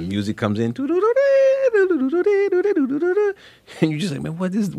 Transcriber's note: imitating saxophone